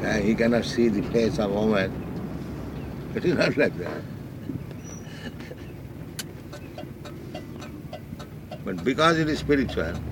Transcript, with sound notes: He cannot see the face of woman. It is not like that. [chuckles] But because it is spiritual,